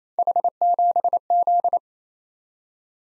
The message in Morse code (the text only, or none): H7Z